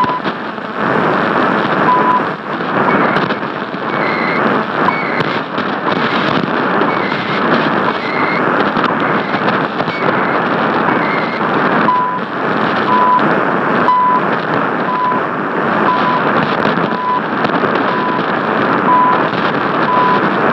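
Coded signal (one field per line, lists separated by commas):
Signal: radio time signal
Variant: CHU Canada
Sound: short 1 kHz beeps once each second through heavy hissing shortwave static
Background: radio static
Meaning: Each short 1 kHz pip marks one second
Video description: Captura de CHU Canada, emisora horaria de ese país, en 7850 Khz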